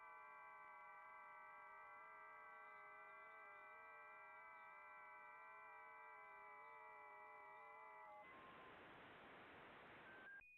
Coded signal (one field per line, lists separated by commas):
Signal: FT8